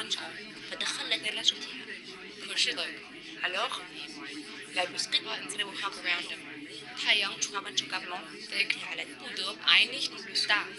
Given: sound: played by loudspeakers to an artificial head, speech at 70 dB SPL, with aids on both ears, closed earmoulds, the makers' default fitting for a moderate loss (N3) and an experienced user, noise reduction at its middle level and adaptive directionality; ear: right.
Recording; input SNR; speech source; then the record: speech test signal (ISTS) in cocktail-party noise; -6 dB; in front (0 degrees)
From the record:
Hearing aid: class 2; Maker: B